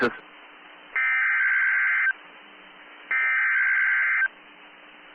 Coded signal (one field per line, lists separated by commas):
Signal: Emergency Alert System (SAME) tones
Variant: header bursts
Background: speech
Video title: FROM LEFT TO RIGHT... EAS Alerts from 4/21/21 (EAS #188-#213)